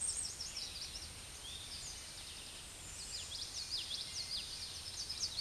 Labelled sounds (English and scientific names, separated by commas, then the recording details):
Common Yellowthroat (Geothlypis trichas) song
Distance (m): 20 m
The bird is about 5 m above the microphone
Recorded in a Pennsylvania forest on 16 May 2024 at 07:32
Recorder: AudioMoth, point MSD-0665
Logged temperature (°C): 16.1 °C
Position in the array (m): 90 m, 93 m